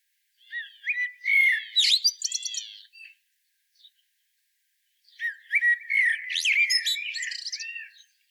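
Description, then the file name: Common blackbird song: two long phrases of fluty whistles mixed with squeaky, chattering high notes, separated by a short pause. "Turdus merula"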